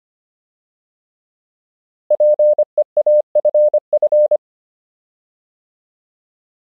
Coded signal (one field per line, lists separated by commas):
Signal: Morse code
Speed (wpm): 25 wpm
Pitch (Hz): 600 Hz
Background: none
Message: PEAFF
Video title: Morse Code Alphabet Practice — 25 WPM